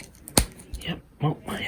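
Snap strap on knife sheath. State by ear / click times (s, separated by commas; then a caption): seated / 0.4 s. The retention strap snap on a Ka-Bar USSF knife sheath is pressed closed with a sharp, loud click at 0.4 s. Someone talks before and after the click. The snap seats and the strap is fastened.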